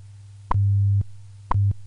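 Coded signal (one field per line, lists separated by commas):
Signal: radio time signal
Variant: WWV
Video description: WWV Special Announcement M.A.R.S. Signal recorded ground wave on 2.5 MHz in 20 kHz AM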